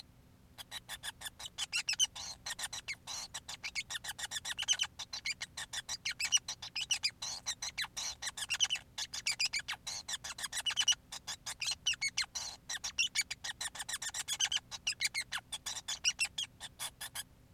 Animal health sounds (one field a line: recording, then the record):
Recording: song of a male Bengalese finch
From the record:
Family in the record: son of father 5